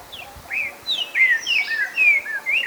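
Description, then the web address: Streaked saltator: a quick series of slurred whistles, some dropping and some rising, over a soft hissing background. Ecuador. "Natures Songs S America Birds of Ecuador. Streaked Saltator"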